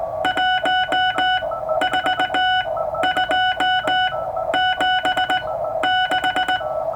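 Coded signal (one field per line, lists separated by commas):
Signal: Morse code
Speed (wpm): 19 wpm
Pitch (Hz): 1480 Hz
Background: none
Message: 14276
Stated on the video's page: Straight Key Night QSO sent on a German Junker straight key with a 1977 Ten-Tec Century/21 CW-only Novice rig at 15 watts.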